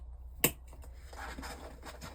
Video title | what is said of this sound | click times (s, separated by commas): ReFind GPS Vehicle Tracker setup guide (2023 - 2026 Model) | and lock in to place | 0.4 s